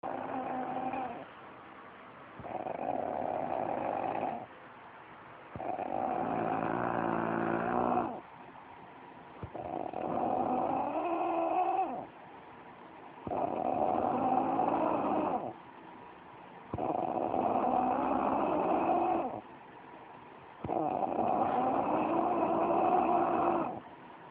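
Repeated snoring from an adult sleeper: about seven snores in 24 seconds, each lasting two to three seconds, separated by quieter breathing pauses.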